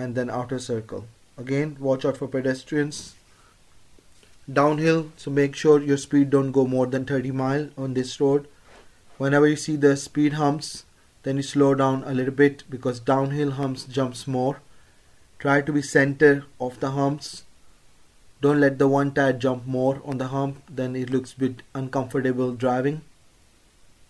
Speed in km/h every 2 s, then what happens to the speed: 23, 24, 27, 27, 29, 32, 32, 31, 31, 32, 34, 32.
0-10 speeds up to 32. 10-24 steady at about 32.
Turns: none.